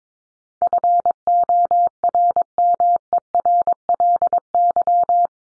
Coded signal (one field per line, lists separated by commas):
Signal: Morse code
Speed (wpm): 22 wpm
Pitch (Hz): 700 Hz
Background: none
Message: FORMERLY